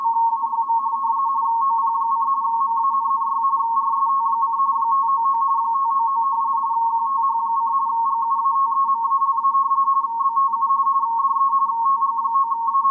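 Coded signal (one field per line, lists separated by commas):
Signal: RTTY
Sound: continuous rapid warble between two close tones around one kilohertz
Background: faint low radio hiss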